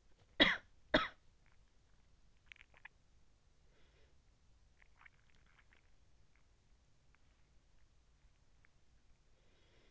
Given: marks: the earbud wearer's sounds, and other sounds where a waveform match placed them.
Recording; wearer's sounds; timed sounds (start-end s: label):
sounds in sleep by an in-ear microphone; cough or throat clearing or sniffle, swallowing
0.00-1.95 s: cough or throat clearing or sniffle
2.47-6.50 s: swallowing